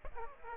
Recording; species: mosquito wingbeat signal from an infrared sensor; Aedes aegypti